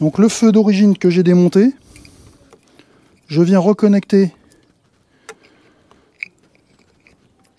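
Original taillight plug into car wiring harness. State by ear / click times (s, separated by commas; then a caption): seated / 6.2 s. Someone talks while reconnecting the plastic connector of the original, previously removed taillight into the wiring harness of a Tesla Model Y, with faint handling noises. A sharp click at 6.2 s marks the plug seating into place, confirmed connected, before it is pressed on again.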